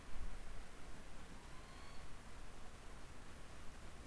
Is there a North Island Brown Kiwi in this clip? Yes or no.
no